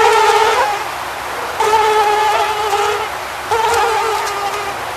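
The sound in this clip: Mosquito buzz in three passes, each a high, steady whine that swells suddenly and then tails off over about a second or two.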